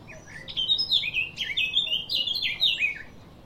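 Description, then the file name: Eurasian blackcap warbling song: a rapid run of varied chirps and slurred high notes, continuous throughout, rising and falling quickly. "Sylvia atricapilla"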